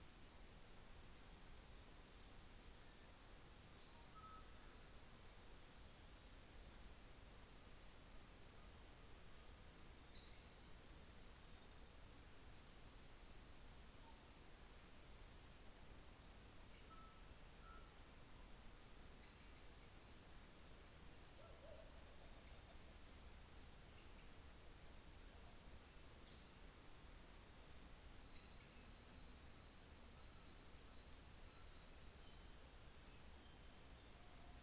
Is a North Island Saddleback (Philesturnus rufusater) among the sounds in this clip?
no